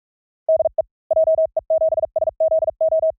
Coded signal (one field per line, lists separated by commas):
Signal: Morse code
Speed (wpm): 46 wpm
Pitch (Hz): 640 Hz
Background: none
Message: DE JE7SZO